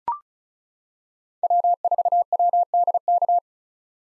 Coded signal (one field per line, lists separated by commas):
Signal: Morse code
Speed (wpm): 34 wpm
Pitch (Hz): 700 Hz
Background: none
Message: W4WDK